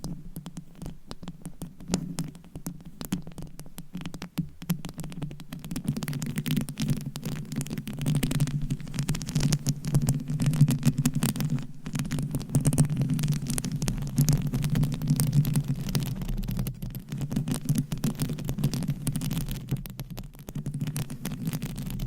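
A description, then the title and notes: Dense, fast tapping and scratching on a microphone, a steady crackly patter over a low throbbing hum that thickens after about five seconds. ASMR Tingly Mic Tapping & Scratching to Help You Fall Asleep No Talking.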